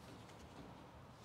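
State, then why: Not seated. An adjustable blade guide is slid into the guide holder of a Logosol band sawmill and lined up at the closest position, giving a steady, low rustling hum with no sharp sounds. Nothing has clicked or seated yet.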